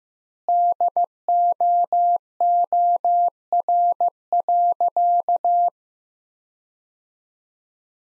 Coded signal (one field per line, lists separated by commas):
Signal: Morse code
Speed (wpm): 15 wpm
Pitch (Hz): 700 Hz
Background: none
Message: DOOR.